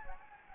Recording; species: mosquito wingbeat signal from an infrared sensor; Anopheles gambiae